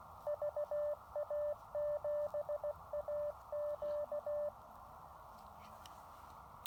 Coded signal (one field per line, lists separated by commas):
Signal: Morse code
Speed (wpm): 18 wpm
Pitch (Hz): 590 Hz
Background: radio noise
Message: VA7AQ